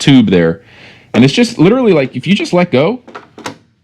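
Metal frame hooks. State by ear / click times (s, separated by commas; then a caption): seated / 3.2 s, 3.4 s, 3.5 s. Someone talks while the front half of a Golden Buzzaround LT 2025 portable mobility scooter frame is lowered so its two hooks drop onto the tube of the rear frame half. When it is let go, it clicks into place with sharp clicks at 3.2, 3.4 and 3.5 seconds, and the frame halves are seated together.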